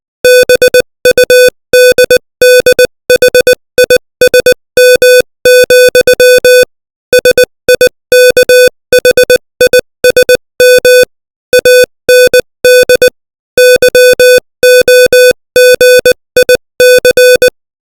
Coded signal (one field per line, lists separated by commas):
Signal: Morse code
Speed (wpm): 20 wpm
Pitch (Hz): 500 Hz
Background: music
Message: BUDDHISM, SIKHISM AND YOGIC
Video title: Morse Code 20 WPM : Samadhi